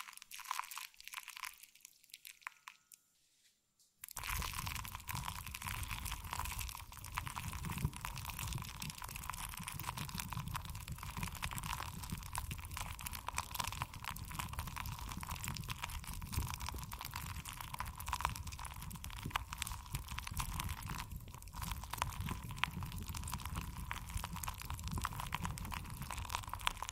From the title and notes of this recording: ASMR Stress Relieving Jelly Sounds For Sleep.